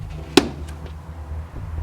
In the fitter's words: like then you'll hear a locking snap it means it's locked into place and then reinstall the two screws